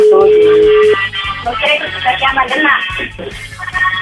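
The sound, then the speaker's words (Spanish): A loud phone ringtone: a steady held tone for about a second, then a bright, busy musical melody over a pulsing low beat that keeps going to the end. “Está llamando el teléfono, ya vimos el ringtone.”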